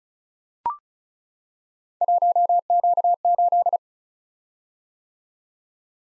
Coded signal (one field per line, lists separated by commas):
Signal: Morse code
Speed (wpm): 36 wpm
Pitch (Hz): 700 Hz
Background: none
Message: 1Q8